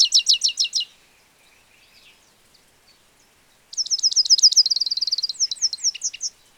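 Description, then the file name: European goldfinch producing a short, quick series of high notes, a near-silent gap, then a longer, lively run of liquid twittering notes that ends in sliding chirps. "Carduelis carduelis"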